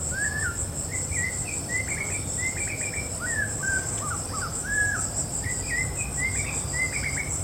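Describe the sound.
Snowy-crowned robin-chat singing varied, sweet whistled notes in quick clustered phrases with a brief pause midway, while insects buzz continuously in the background.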